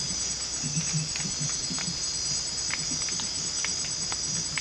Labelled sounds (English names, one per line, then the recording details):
none
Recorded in dense forest near Puerto Asís, Putumayo, Colombia, on 22 December 2024 at 19:00
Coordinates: 0.484, -76.317
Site G026